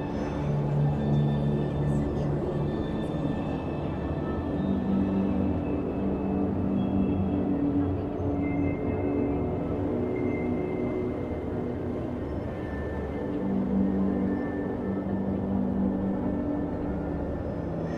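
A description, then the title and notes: Futuristic city ambience: a steady, dense low rumble like heavy machinery or passing vehicles, with humming tones drifting throughout and occasional faint bright whines. Futuristic city ambience.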